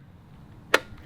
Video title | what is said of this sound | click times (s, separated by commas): I Just Bought the Cheapest Vehicle Ever Made | locks in place. It locks on the rear fender then. | 0.7 s